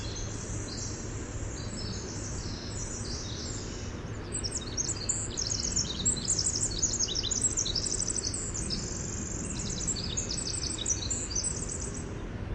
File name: WIWR song